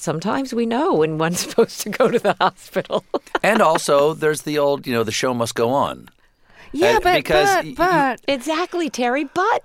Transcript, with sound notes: Sometimes, we know when one's supposed to go to the hospital (laughter).
And also, there's the old, you know, the show must go on.
Yeah, but, but...
Because...
Exactly, Terry